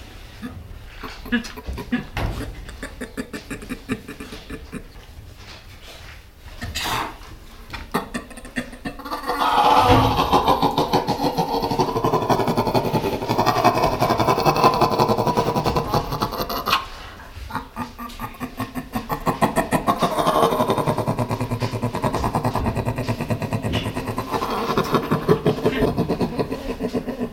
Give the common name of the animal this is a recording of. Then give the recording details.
Sun Bear. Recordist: Tembrock, Günter. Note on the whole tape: Paar: Laute beim Aufreiten